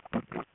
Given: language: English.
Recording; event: throat vibration sensor signal played as sound; swallow